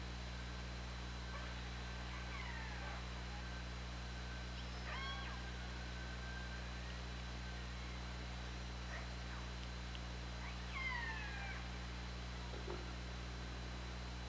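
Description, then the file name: Killer whale pulsed calls, several harmonic, sweeping cries rising and falling in scattered bursts over steady low underwater hum. OrcaLab hydrophone, 24 August 2017, around 20:19. "Orca Lab 20170824 201931"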